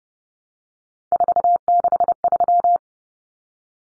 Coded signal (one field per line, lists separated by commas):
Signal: Morse code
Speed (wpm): 30 wpm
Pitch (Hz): 700 Hz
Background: none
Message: 463